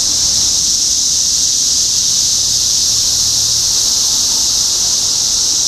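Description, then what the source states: A steady, shrill cicada buzz of many insects together, sustained without pause. Cicadas recorded in Topeka, Kansas, on 14 June 2015.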